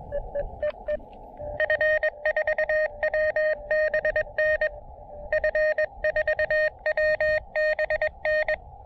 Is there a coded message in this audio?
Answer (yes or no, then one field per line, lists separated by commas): yes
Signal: Morse code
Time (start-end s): 0.1-8.5 s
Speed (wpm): 20 wpm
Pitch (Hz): 590 Hz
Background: none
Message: E E E E F4WBN F4WBN